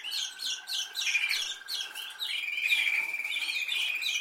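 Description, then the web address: Canary song: a series of sharp, downward-sweeping chirps repeated several times, then a steady, sustained, high, rolling trill. "Canari Seda Canari"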